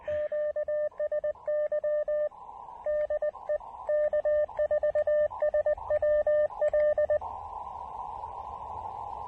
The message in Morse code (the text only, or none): QSY DE K4SWL